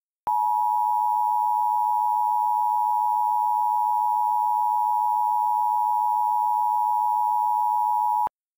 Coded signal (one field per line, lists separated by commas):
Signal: Emergency Alert System (SAME) tones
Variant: 853 and 960 Hz attention tone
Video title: EAS Mock: Feelin' Hot